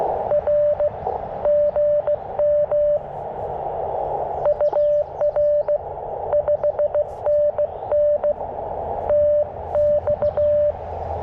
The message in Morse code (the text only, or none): R GM UR 5NN TX